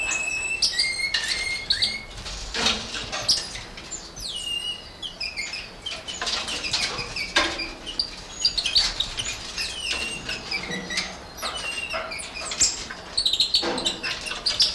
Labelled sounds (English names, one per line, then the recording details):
Cottontop Tamarin
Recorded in captivity
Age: adult
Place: Zoo Halle, Sachsen-Anhalt, DE
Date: 1993-04-26 15:52
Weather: heiter, 26 °C
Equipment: Sony WM-D6C, Sony ECM-939 LT, Kopie Uher Variocord 263
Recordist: Tembrock, Günter
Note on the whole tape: Laute in Gruppe (diverse Lautformen) (0,5-1 m)